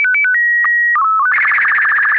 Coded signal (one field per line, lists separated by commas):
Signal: SSTV (slow-scan television)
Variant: Robot BW 8